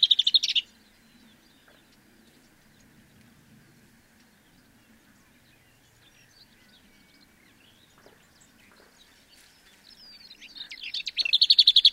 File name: lesserwhitethroat